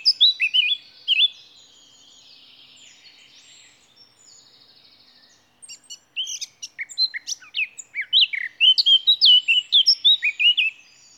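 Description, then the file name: Eurasian blackcap: a few loud notes open, then a quiet stretch, then a long burst of many fast, varied notes. "Sylvia atricapilla"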